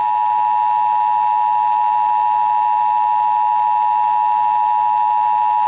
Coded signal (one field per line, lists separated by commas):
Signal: Emergency Alert System (SAME) tones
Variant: 853 and 960 Hz attention tone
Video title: National EAS Test Fail in Dallas/Fort Worth